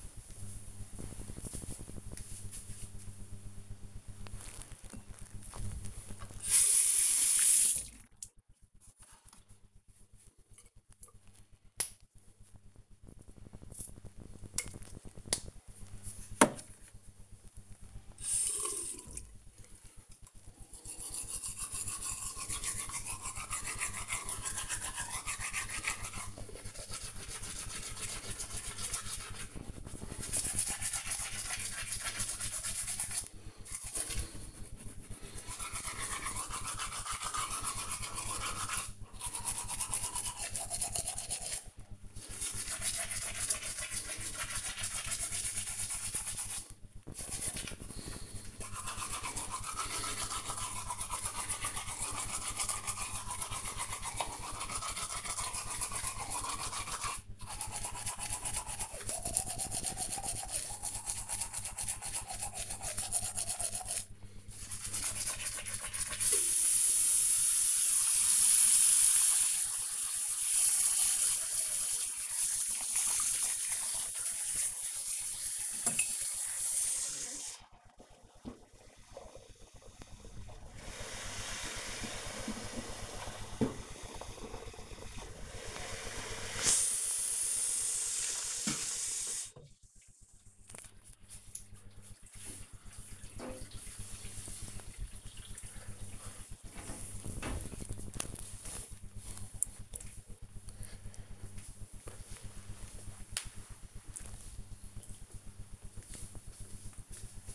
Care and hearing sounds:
household activities, microphone on the right wrist
3.52-89.83 s: brushing teeth

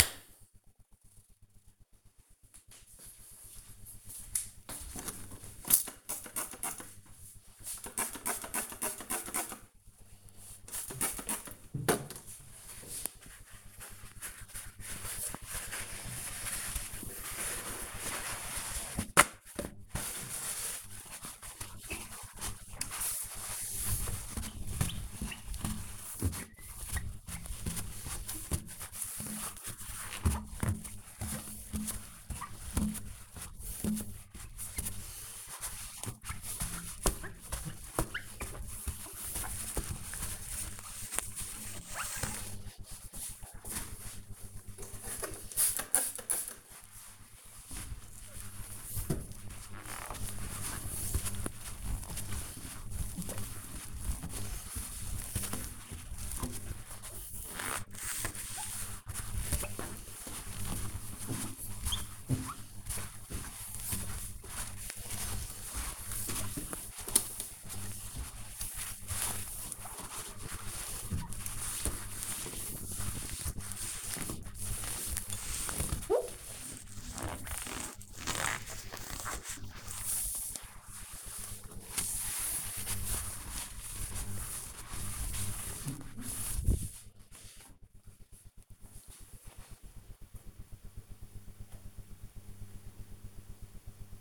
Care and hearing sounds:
household activities, microphone on the right wrist
4.33-86.75 s: window cleaning

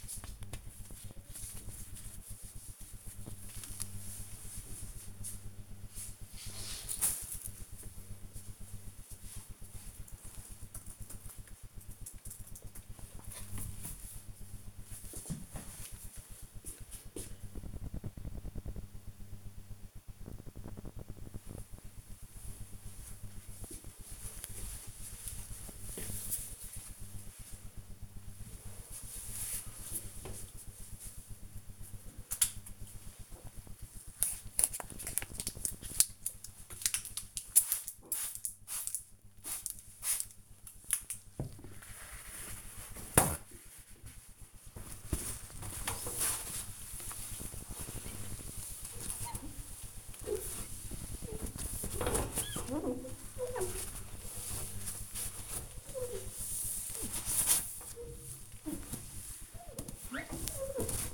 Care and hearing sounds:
household activities, microphone on the right wrist
0.00-3.33 s: bathroom cleaning (washbasin)
35.54-61.14 s: bathroom cleaning (mirror)

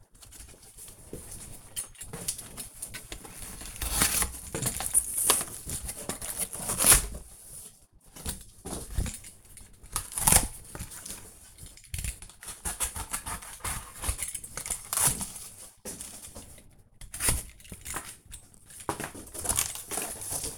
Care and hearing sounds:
household activities, microphone on the right wrist
0.00-20.58 s: cutting cardboard

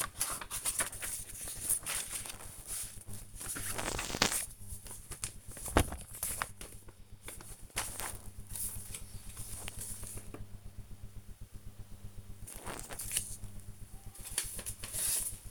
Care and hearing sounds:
household activities, microphone on the right wrist
0.00-15.51 s: sorting documents

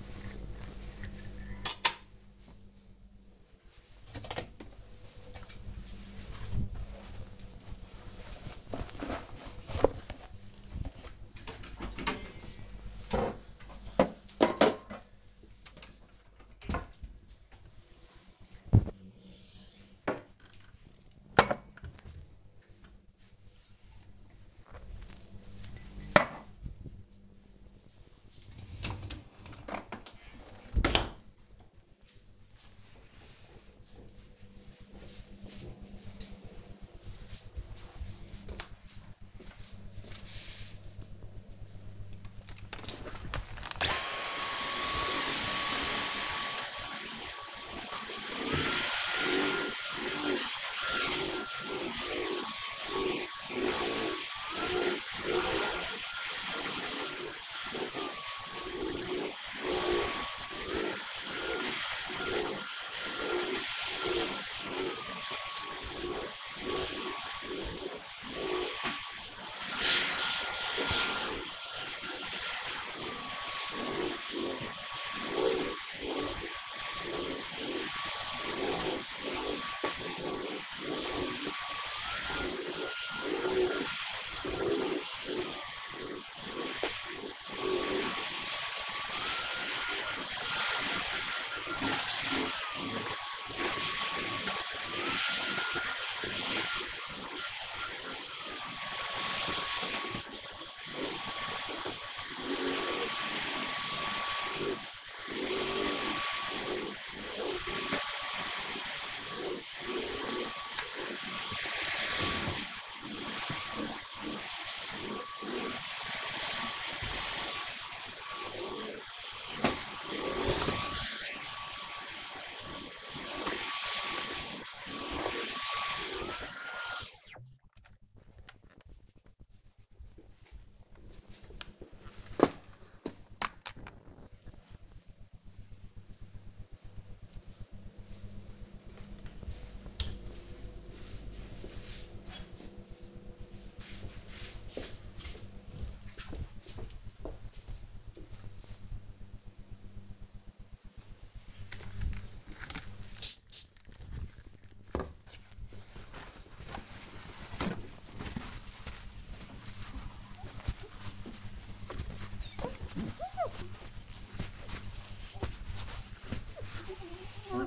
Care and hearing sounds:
household activities, microphone on the right wrist
0.00-30.14 s: cleaning out the dishwasher
42.19-126.78 s: vacuum cleaning
150.96-167.67 s: window cleaning

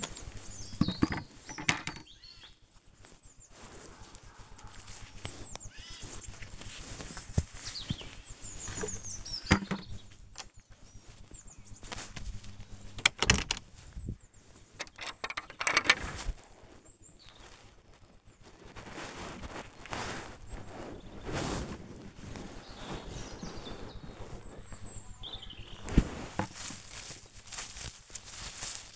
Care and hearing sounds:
household activities, microphone on the right wrist
0.00-28.96 s: working in the garden

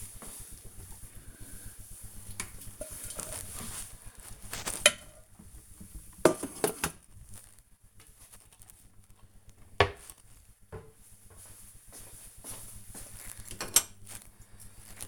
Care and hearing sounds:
household activities, microphone on the right wrist
0.00-15.07 s: cleaning out the dishwasher

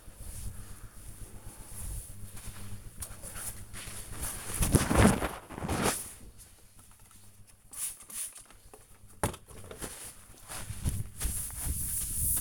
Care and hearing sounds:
household activities, microphone on the right wrist
0.00-12.41 s: window cleaning

